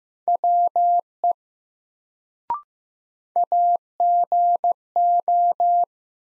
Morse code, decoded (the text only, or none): WE AGO